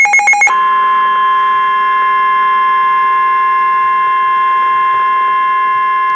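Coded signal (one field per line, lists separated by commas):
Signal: Emergency Alert System (SAME) tones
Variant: 1050 Hz attention tone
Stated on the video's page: Severe thunderstorm warning heard on weather radio station.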